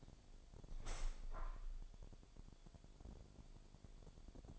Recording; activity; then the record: daily activity, microphone in the room; open window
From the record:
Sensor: 5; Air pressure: 1006.6 hPa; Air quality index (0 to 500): 193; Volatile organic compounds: 5 ppm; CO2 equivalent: 1836 ppm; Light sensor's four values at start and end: 56/161/62/63 and 57/161/63/63